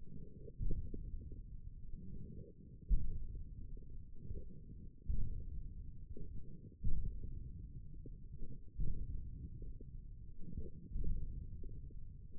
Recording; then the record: forearm muscle sounds (acoustic myography)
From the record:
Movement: radial deviation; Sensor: system 1, eight BSWA MPA416 microphones around the upper forearm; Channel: 1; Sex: male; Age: 42 years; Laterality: right